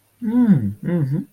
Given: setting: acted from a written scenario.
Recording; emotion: vocal sound without words; contentment